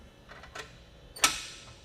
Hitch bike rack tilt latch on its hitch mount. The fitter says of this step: just grab a secure point and lift it until you hear a click and